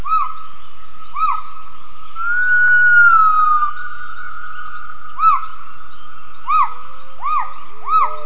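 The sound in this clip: Gibbon calls: short arched whistled notes repeated at irregular intervals, one long sustained whistled note early on, and a few lower sliding notes near the end, over a steady high hum.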